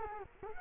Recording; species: mosquito wingbeat signal from an infrared sensor; Culex quinquefasciatus